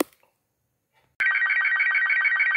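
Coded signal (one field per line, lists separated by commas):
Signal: SSTV (slow-scan television)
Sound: sudden start of a warbling, rapidly chirping tone band with steady rhythmic ticks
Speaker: vamos a proceder a transmitir podemos ver cómo se va afinando la imagen y por línea y los picos de intensidad de audio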